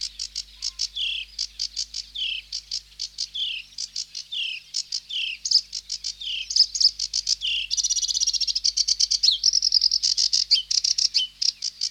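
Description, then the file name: Sedge warbler song mixing harsh clicks with repeated descending whistled slurs, then breaking into a dense, rattling trill and buzzy chatter. "Sedge Warbler (Acrocephalus schoenobaenus)"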